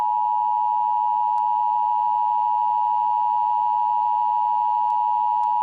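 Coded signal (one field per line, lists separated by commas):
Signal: Emergency Alert System (SAME) tones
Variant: 853 and 960 Hz attention tone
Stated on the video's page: Simulated EAS scenario.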